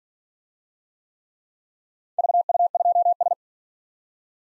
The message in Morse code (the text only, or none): VU2S